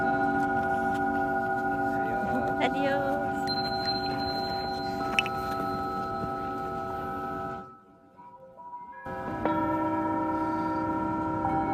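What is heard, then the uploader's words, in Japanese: Singing bowls hum with steady, layered ringing tones, faint voice-like sounds around three seconds, briefly fading to near silence before a fresh strike rings out. 秋分メキシコから シンギングボウルのサウンドヒーリング。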